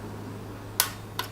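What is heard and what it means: A torque wrench set to 100 inch-pounds tightens clutch cover bolt number one on a motorcycle, giving a sharp click at 0.8 s as it reaches the setting, followed by a fainter click at 1.2 s over a steady low hum. The bolt is torqued to spec and done.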